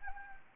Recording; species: mosquito wingbeat signal from an infrared sensor; Anopheles gambiae